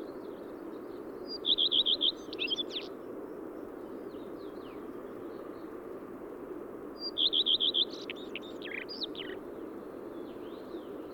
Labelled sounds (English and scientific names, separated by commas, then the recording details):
Common Redstart (Phoenicurus phoenicurus) song
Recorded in the wild
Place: Dzhalmyn, MN
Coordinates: 48.166, 107.736
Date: 1979-06-10 05:45
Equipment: Nagra III BH, Sennheiser MD 21, parabola
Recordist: Schubert, Michael